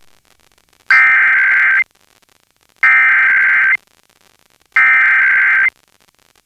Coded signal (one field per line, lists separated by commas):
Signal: Emergency Alert System (SAME) tones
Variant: header bursts